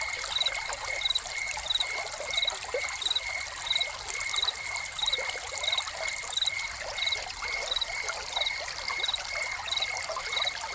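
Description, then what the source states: Repeated high cricket chirps, regular and brisk, layered over a continuous faint tone and the steady rush and dribble of a fountain. Crickets recorded together with a fountain.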